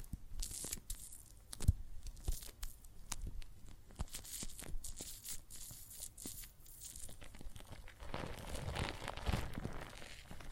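Wet, crackling soap foam with dense fizzing pops and sharp clicks throughout, a louder hissing, bubbling stretch arriving near eight seconds.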